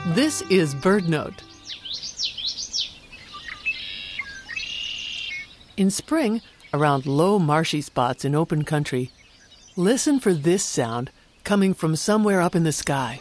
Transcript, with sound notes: This is BirdNote! [The sounds of an active marsh] In spring, around low, marshy spots in open country, listen for this sound coming from somewhere up in the sky.